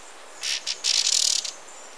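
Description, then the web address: White-sided flowerpiercer call: two short high buzzy bursts followed by a rapid, slightly stuttering high-pitched trill. Recorded in Ecuador. "Birds of Ecuador. White-sided Flowerpiercer"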